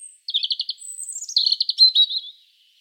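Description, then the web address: European robin song: a quick stuttering series of high notes, a drawn-out thin whistle, then a rippling warble that trails off. "SETE Erithacus rubecula"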